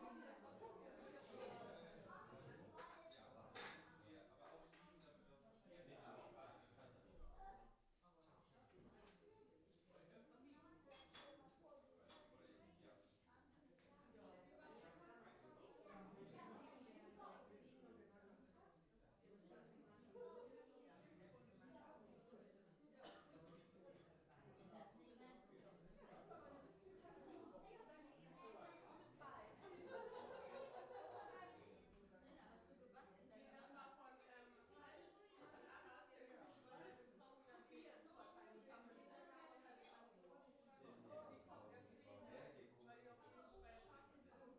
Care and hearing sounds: everyday scene through a hearing-aid microphone; many people talking; many voices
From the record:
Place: parish hall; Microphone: behind the ear, left, rear

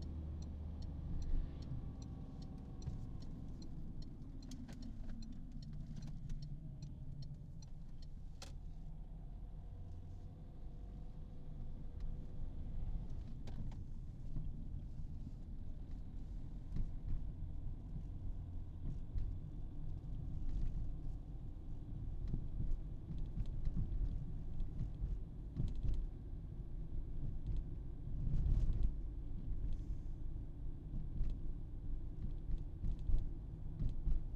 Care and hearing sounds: everyday scene through a hearing-aid microphone; in a vehicle; engine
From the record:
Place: Berlingo II, diesel engine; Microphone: in the ear canal, right

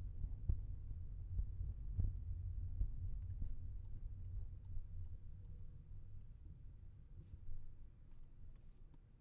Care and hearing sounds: everyday scene through a hearing-aid microphone; in a vehicle; engine, rumble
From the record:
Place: Skoda Fabia, gasoline engine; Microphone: behind the ear, left, rear

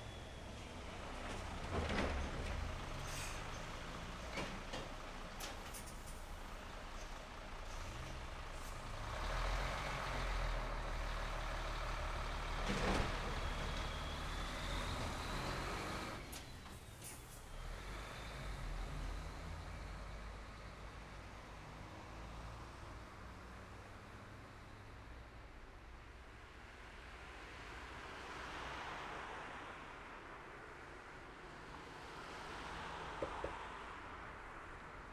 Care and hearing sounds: everyday scene through a hearing-aid microphone; in traffic; traffic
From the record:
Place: city secondary road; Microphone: behind the ear, left, front

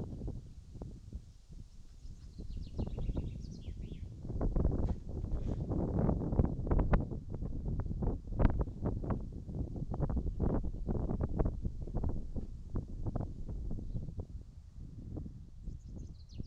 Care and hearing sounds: everyday scene through a hearing-aid microphone; wind on the microphone; wind, birds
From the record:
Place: in front of a rural house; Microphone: in the ear canal, right

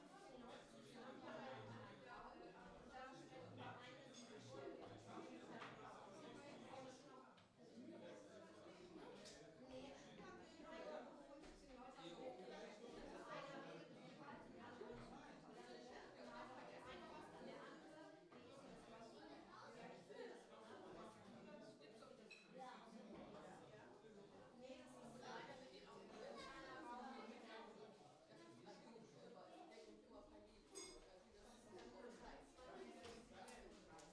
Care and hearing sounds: everyday scene through a hearing-aid microphone; many people talking; many voices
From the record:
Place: parish hall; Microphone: in the ear canal, left

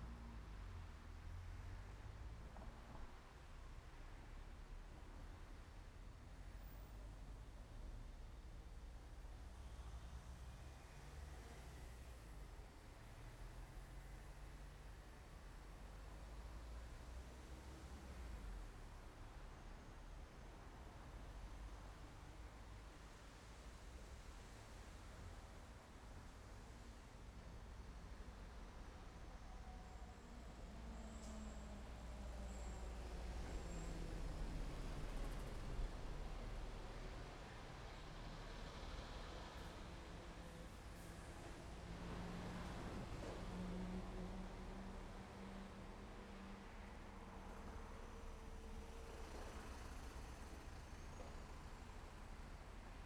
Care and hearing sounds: everyday scene through a hearing-aid microphone; in traffic; traffic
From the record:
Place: main road on the outskirts, rush hour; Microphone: behind the ear, left, front

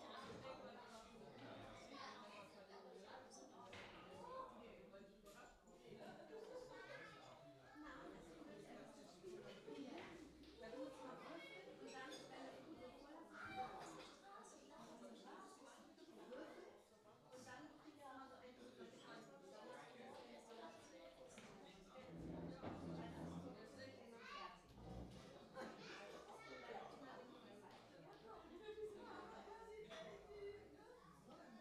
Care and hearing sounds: everyday scene through a hearing-aid microphone; many people talking; many voices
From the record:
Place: parish hall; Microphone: in the ear canal, left

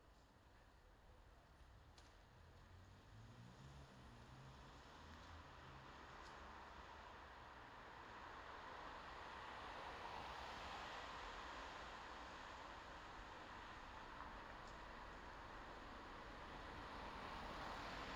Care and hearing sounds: everyday scene through a hearing-aid microphone; in traffic; traffic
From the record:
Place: bus stop on a city main road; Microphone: in the ear canal, left

